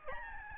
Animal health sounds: mosquito wingbeat signal from an infrared sensor; Aedes albopictus

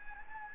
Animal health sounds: mosquito wingbeat signal from an infrared sensor; Anopheles gambiae

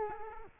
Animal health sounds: mosquito wingbeat signal from an infrared sensor; Culex quinquefasciatus

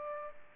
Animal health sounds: mosquito wingbeat signal from an infrared sensor; Aedes aegypti

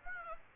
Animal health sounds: mosquito wingbeat signal from an infrared sensor; Aedes aegypti

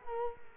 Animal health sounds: mosquito wingbeat signal from an infrared sensor; Culex quinquefasciatus

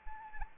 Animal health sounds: mosquito wingbeat signal from an infrared sensor; Anopheles arabiensis

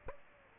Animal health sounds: mosquito wingbeat signal from an infrared sensor; Aedes aegypti

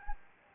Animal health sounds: mosquito wingbeat signal from an infrared sensor; Anopheles gambiae

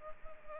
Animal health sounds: mosquito wingbeat signal from an infrared sensor; Culex pipiens

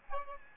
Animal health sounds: mosquito wingbeat signal from an infrared sensor; Aedes aegypti

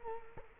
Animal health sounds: mosquito wingbeat signal from an infrared sensor; Culex quinquefasciatus

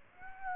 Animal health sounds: mosquito wingbeat signal from an infrared sensor; Aedes aegypti

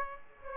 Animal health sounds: mosquito wingbeat signal from an infrared sensor; Aedes aegypti

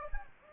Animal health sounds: mosquito wingbeat signal from an infrared sensor; Anopheles gambiae

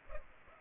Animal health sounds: mosquito wingbeat signal from an infrared sensor; Culex pipiens

